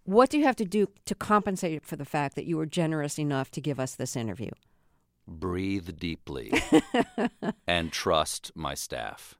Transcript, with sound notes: So what do you have to do to compensate for the fact that you were generous enough to give us this interview?
Breathe deeply...
(Laughter).
...And trust my staff.